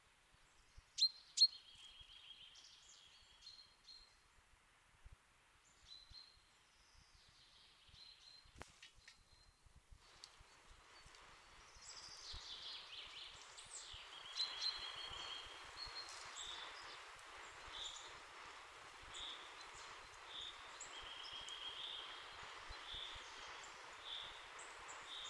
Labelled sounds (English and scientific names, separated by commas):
Common Chaffinch (Fringilla coelebs)